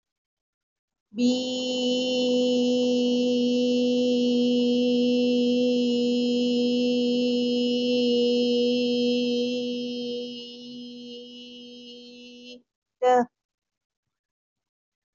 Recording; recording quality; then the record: sustained vowel as in beet; excellent, no background noise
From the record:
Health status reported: healthy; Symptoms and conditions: none ticked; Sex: female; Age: 56 years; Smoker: not ticked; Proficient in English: yes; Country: India